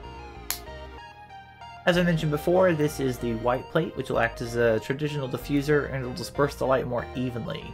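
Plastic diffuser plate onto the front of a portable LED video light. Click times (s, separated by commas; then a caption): 0.5 s. A plastic diffuser plate is lined up by its single top tab and two bottom tabs and pressed onto the front of a Bower 50 LED portable rechargeable video light. It snaps into place with a sharp, short click at 0.5 s over background music. Someone then talks.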